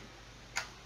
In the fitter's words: il se clipsera automatiquement.